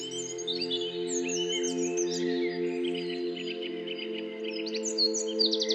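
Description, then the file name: Bird: birds singing together, a mix of high chirps, whistles and quick trills, over a steady low drone that runs throughout. Birdsong used as an alarm tone. "halytysaani linnunlaulu"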